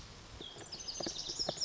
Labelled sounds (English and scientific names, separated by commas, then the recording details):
Lazuli Bunting (Passerina amoena)
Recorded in Sonoma County, California